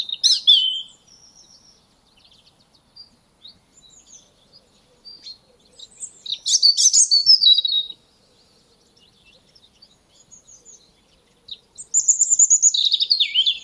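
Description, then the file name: European robin song: high, tumbling phrases of thin whistles and rapid trills, bursts near the start, middle and end separated by pauses with faint soft notes. "Erithacus rubecula"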